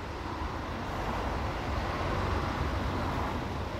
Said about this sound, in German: Die Pfotenhauer Straße in Dresden-Johannstadt. Der Verkehr der neuen Waldschlösschenbrücke stört die Krankenhausruhe.